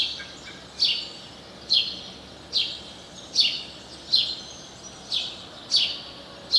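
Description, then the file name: House sparrow calling with loud, clipped chirps at fairly regular intervals just under a second apart, each falling sharply in pitch, over soft background hiss. "Passer domesticus"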